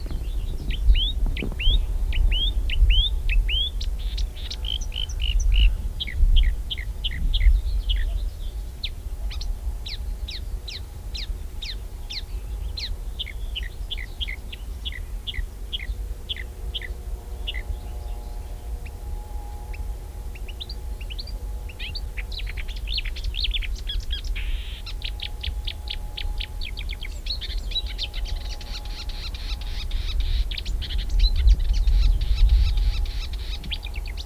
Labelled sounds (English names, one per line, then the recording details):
Marsh Warbler
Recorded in the wild
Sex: male
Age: adult
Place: Wiesenthau, Bayern, DE
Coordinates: 49.7128, 11.1353
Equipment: Maihak, Original, Vollspur
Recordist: Tretzel, Erwin